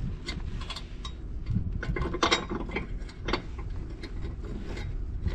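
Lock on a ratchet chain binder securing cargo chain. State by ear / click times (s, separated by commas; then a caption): not seated / none. A trucker works a ratchet chain binder securing cargo chain on a flatbed load, with the handle lock being handled. Repeated ratchet-and-pawl clicks and metallic rattles are heard, the loudest around 2.2 seconds. The lock has not clicked on or seated yet when the clip ends.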